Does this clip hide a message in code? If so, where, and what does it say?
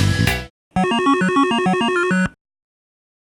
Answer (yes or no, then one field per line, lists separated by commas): no